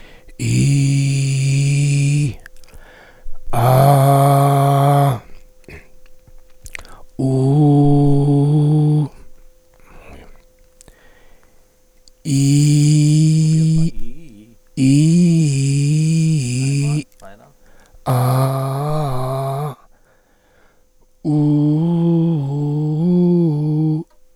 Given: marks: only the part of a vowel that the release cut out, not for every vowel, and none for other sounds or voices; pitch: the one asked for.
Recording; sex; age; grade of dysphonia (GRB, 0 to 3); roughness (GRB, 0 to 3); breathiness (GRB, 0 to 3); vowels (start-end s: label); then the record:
sustained vowels; male; 50 to 59 years; 3; 3; 2
0.55-2.19 s: vowel /i/, low pitch
3.93-5.04 s: vowel /a/, low pitch
7.32-8.94 s: vowel /u/, low pitch
15.00-16.61 s: vowel /i/, low-high-low pitch
18.15-19.57 s: vowel /a/, low-high-low pitch
21.58-23.63 s: vowel /u/, low-high-low pitch
From the record:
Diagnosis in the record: dysphonia, contact pachydermia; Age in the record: 53 years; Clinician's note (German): Multifaktoriell, ponogen